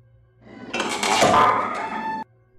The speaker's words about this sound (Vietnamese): Cứ như vậy, nhóm người ấy chạy về cuối hành lang, nơi đó có một căn phòng vẫn sáng đèn. Lạch cạch. Cửa phòng mở ra và nhóm người ấy hối hả đẩy cáng vào.